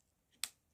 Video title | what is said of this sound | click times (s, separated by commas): Mum's Christmas gift journal flip-through: DTP for RachandBella Crafts | can you hear it the we snap | 0.4 s